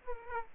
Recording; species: mosquito wingbeat signal from an infrared sensor; Aedes aegypti